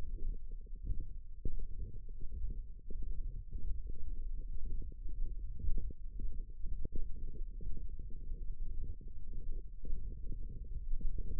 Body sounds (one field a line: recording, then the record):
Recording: forearm muscle sounds (acoustic myography)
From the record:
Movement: hand closing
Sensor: system 1, eight BSWA MPA416 microphones around the upper forearm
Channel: 6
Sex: female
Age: 21 years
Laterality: right